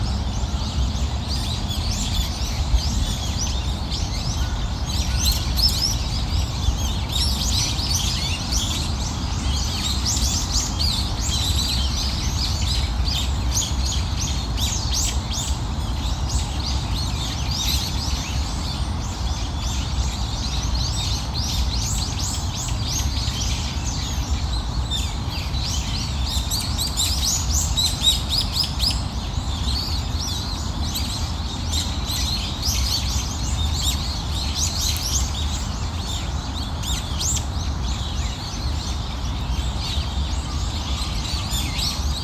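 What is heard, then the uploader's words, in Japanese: Birds call and chirp throughout a morning walk in a park, their bright, dense twittering overlapping continuously in the upper range. A steady low rumble sits underneath, likely traffic or wind, and the overall level stays even for the whole recording. 公園の朝散歩。鳥のこえ。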